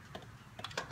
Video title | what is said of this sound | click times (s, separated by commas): The Dead Silverado Mystery Solved! | snaps in place | 0.8 s